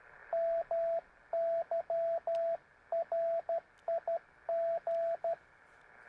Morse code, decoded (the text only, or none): MY RIG